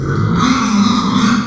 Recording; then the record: squeal of a Yucatan mini pig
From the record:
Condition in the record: after surgery on the right vocal fold (resection and tissue-engineered implant); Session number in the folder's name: 14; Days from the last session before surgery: 133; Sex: female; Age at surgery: 19 weeks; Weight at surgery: 25 kg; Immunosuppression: prednisolone